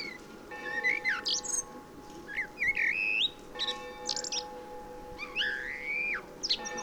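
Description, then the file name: Common blackbird song: several mellow fluted whistled phrases mixed with high squeaky notes, with a steady low hum throughout. "Turdus merula"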